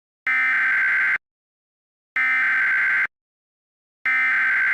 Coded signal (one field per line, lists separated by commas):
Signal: Emergency Alert System (SAME) tones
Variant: header bursts